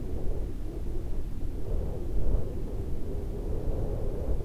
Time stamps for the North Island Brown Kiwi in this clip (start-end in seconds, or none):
none